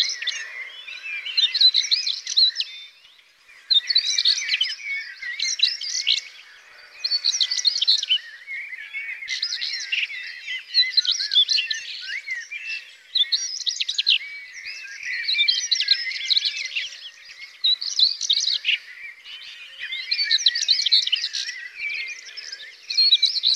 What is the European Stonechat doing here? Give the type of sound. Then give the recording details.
song. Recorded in the wild. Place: Freiburg/Rieselfeld, Baden-Württemberg, DE. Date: 2002-05-18. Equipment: MiniDisc Sharp MT 20 H. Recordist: Schwarz, Dieter. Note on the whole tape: Song